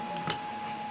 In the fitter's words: clipped into place hopefully you can see that here and here